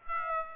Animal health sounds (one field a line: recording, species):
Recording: mosquito wingbeat signal from an infrared sensor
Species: Aedes aegypti